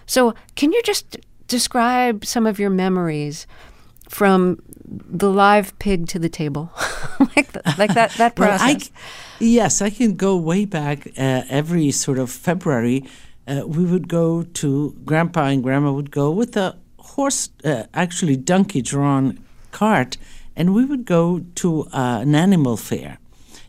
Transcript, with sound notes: So can you just describe some of your memories from the live pig to the table, (laughter) like that process?
Yes, I can go way back. Every sort of February, we would go to - grandpa and grandma would go with a horse - actually donkey-drawn cart, and we would go to an animal fair.